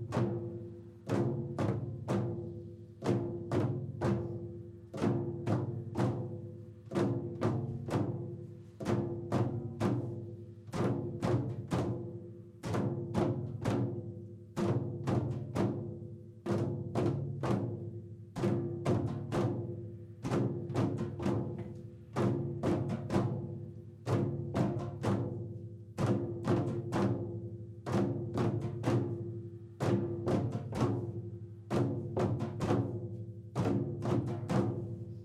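A drum circle plays a steady, driving groove with sharp hand-drum hits landing several times a second and a repeating accent pattern. A low, booming drum tone rings under the hits throughout, and the pulse holds even without pause for the whole stretch.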